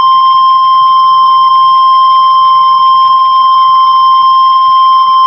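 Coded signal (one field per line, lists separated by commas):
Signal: Emergency Alert System (SAME) tones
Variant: 1050 Hz attention tone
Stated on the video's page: Real received EAS alerts for flooding.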